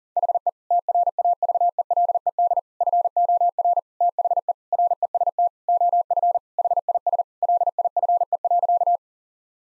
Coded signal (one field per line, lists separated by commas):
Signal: Morse code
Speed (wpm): 40 wpm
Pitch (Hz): 700 Hz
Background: none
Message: HE TRAVELED FOR THE REST OF HIS LIFE.